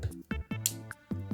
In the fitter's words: you hear that click